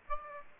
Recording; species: mosquito wingbeat signal from an infrared sensor; Aedes aegypti